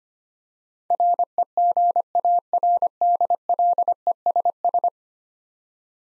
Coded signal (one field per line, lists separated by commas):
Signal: Morse code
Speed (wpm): 25 wpm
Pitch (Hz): 700 Hz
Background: none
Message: REGARDLESS